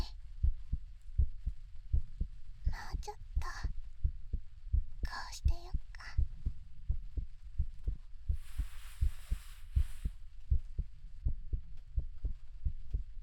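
Steady, soft low thumps of a heartbeat at a regular pace, with faint breathy rustles and a brief hiss.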